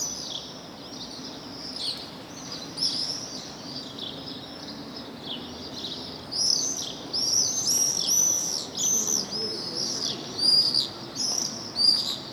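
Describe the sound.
Swift giving thin screams at first, then louder shrill screaming bursts crowding together in the second half, over a soft low hum.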